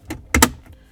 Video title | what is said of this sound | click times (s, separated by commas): ZDI 2-Piece Cupholder Installation - 84-96 Jeep Cherokee and 86-92 Comanche | now that we know our console latches we're good to set our cup holder in | 0.3 s, 0.4 s